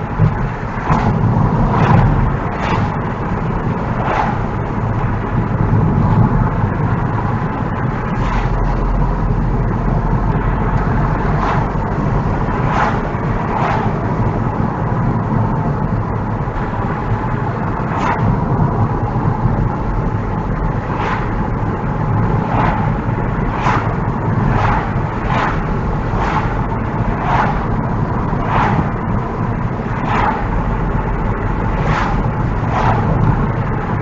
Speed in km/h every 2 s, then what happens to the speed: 55, 53, 52, 52, 55, 58, 56, 55, 53, 52, 55, 52, 53, 52, 52, 55, 55.
4-10 speeds up to 58. 10-34 steady at about 53.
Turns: none.